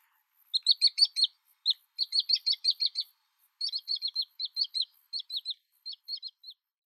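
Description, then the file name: Bird calls: short sharp high notes in quick irregular bursts, several per second, with brief pauses between groups; no other sounds. Recorded in Tatsuno, Japan, on 2 September 2014. "takabu 2 tatsuno kuroda"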